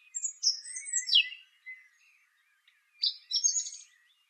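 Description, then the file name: Song thrush song: high, varied twittering and whistled phrases in two bursts separated by a short silence. "suara kicauan burung song thrush. omkicau"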